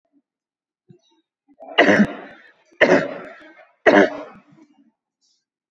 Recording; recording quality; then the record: heavy voluntary cough; excellent, no background noise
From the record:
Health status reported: COVID-19 positive, mild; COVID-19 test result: positive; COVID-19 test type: RT-PCR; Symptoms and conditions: cough, cold, breathing difficulty, fever, fatigue, loss of smell and taste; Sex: male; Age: 35 years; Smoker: no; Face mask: worn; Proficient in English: yes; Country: India